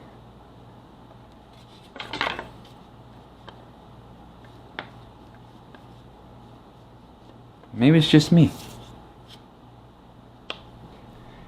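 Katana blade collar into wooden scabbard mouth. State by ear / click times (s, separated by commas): seated / 10.5 s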